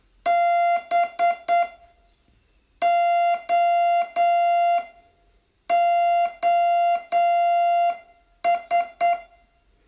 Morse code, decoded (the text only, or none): BOOS